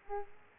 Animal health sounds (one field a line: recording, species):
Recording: mosquito wingbeat signal from an infrared sensor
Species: Aedes aegypti